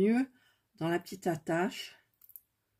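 Someone talks while an attachment clip is being pushed toward a small fastener, followed by a few faint, brief high-pitched ticks near the end. Nothing has seated or clicked yet; the clip is still being handled and not yet home.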